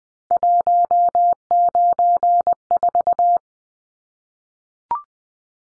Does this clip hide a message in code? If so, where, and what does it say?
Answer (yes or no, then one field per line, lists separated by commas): yes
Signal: Morse code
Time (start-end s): 0.3-3.4 s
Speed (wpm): 20 wpm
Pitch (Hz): 700 Hz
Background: none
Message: 194